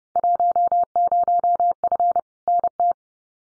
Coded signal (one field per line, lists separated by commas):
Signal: Morse code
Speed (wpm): 30 wpm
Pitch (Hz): 700 Hz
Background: none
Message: 10F NT